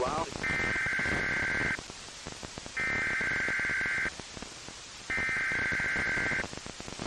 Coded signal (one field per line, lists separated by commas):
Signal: Emergency Alert System (SAME) tones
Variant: header bursts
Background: speech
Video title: (LATE UPLOAD 2/4) High Wind Warning from 1/17/2022 (EAS #983